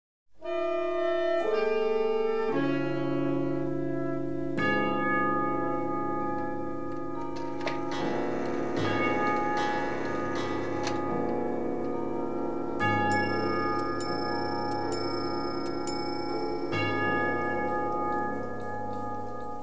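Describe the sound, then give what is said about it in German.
Several of Mrs. Thompson's clocks chime and strike the hour at once in the SFB radio crime play "Die Witwe", their bright bell-like tones overlapping into a sustained, layered ringing with new strokes entering every few seconds. No one speaks. “Mrs. Thompsons Uhren schlagen.”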